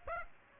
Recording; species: mosquito wingbeat signal from an infrared sensor; Aedes aegypti